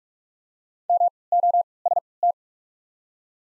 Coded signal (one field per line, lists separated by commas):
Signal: Morse code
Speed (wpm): 45 wpm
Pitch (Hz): 700 Hz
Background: none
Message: M O S T